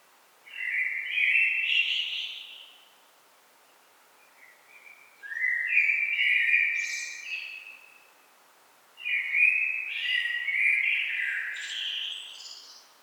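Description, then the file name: Common blackbird song, three separate phrases roughly every four seconds, each a low mellow warble rising into a high scratchy twitter, quiet gaps between. "Turdus merula"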